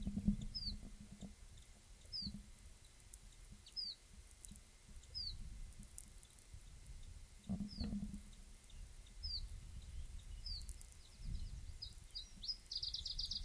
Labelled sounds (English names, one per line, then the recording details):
Iberian Chiffchaff
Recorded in the wild
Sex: diverse
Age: adult
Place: Bei Lanestosa, Nordspanien, Baskenland, ES
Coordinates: 43.2333, -3.43333
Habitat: mountain side
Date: 1964-05-05 13:40
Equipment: Nagra III PH, Parabolspiegelmikrophon, LGS26
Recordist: Sapper and Schneider, H.-J
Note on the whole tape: Weiter Aufnahmen auf diesem Band bei La Coneha und Molinar in der Umgebung von Ramales de la Victoria. Phylloscopus collybita brehmii (alte Bezeichnung, inzwischen eigene Art). Laute im Flug; "it"-Laute; Lock- bzw. Warnrufe. Fortsetzung des Bandes N0172. MaAs: M.Sch